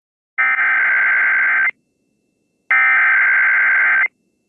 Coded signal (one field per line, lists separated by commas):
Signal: Emergency Alert System (SAME) tones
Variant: header bursts